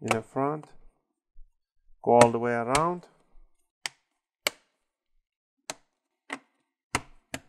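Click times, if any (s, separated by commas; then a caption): 3.9 s, 4.5 s, 5.7 s, 6.9 s, 7.3 s. Someone talks, then presses the plastic bottom cover of an HP Omen 15 DC laptop down all the way around its edge after a battery replacement. Sharp, short snap clicks are heard at 3.9, 4.5, 5.7, 7.0 and 7.3 seconds as the remaining clips click into the chassis, and the cover is seated.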